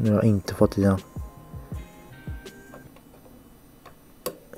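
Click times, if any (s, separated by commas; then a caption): 4.3 s. Someone talks at the start, then, while a moped cylinder is being rebuilt, a small metal retaining clip, most likely the piston pin circlip, is pressed into the groove in the moped piston. Faint tones and small ticks follow before a sharp little click at 4.3 s. The clip snaps in and is seated in its groove, which is also checked visually.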